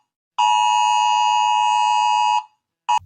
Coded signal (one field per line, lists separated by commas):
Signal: Emergency Alert System (SAME) tones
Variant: 853 and 960 Hz attention tone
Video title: I react to EAS alarms around the world